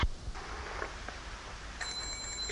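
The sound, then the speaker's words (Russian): A small hand bell, rung at the end of a Hare Krishna food offering as the bread is taken from the altar, rings with a thin, high, sustained shimmer that enters partway through and holds steadily above a soft, noisy background, with no voices. “Но процесс предложения вот подошел к концу, поэтому мы сейчас снова должны звонить в колокольчик и снимать вот нас, нашу пищу, наш замечательный хлеб с алтаря.”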